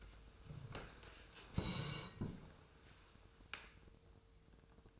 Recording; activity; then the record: daily activity, microphone in the room; sit down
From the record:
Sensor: 2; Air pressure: 1005.0 hPa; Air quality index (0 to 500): 99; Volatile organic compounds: 2 ppm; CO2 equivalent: 1204 ppm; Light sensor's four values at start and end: 7/17/7/7 and 8/18/7/7